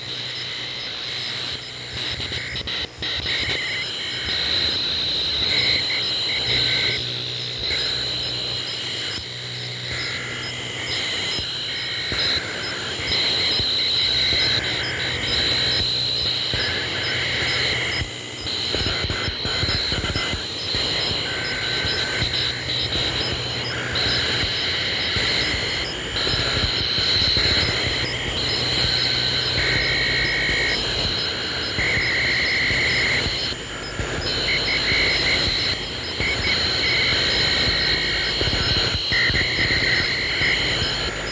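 Electronic crickets chirp in a dense, steady chorus, with bright pulsing bands repeating in regular bursts throughout. A low rumbling hum runs underneath the whole time, and the level stays nearly constant for the full forty seconds.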